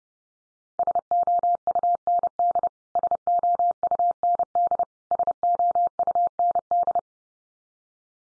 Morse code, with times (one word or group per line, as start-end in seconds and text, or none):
0.8-2.7 SOUND
3.0-4.8 SOUND
5.1-7.0 SOUND